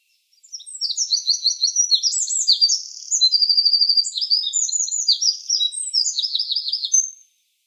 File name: Troglodytes troglodytes